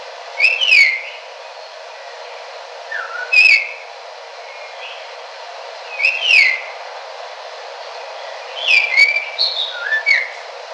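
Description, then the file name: Red-tailed palm thrush singing varied whistled phrases with slurred downward notes and brief twitters, given in bursts every two to three seconds, with constant background noise. Recorded in Kinshasa at 2 am. "redtailed palm thrush 14 Kinshasa 2 am"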